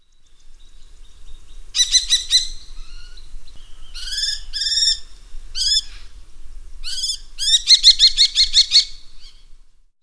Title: Vörös vércse (Falco tinnunculus)